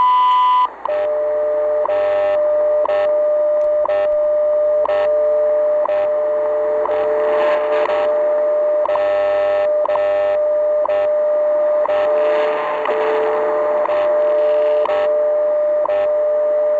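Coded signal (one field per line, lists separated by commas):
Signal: radio time signal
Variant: WWV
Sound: steady audio tone with a sharp tick every second over shortwave hiss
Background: radio static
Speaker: hi this is radio station WWV Fort Collins Colorado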